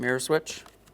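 A wiring connector is being handled at the mirror switch on the back of the door panel of a 2012-2015 Honda Civic, during front window regulator replacement. Someone talks briefly, followed by faint handling noise and a small tick near 0.9 s. Nothing has seated or clicked yet.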